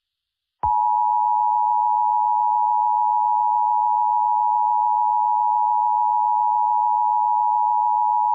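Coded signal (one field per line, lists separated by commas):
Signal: Emergency Alert System (SAME) tones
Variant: 853 and 960 Hz attention tone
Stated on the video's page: Fictional EAS scenario for Independence Day, simulated, with very loud segments.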